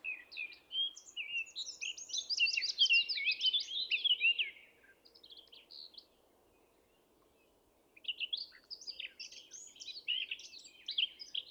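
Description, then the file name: Eurasian blackcap song: a long, lively warble that rises in intensity, a silent gap of a few seconds, then another burst of busy twittering. "Sylvia atricapilla"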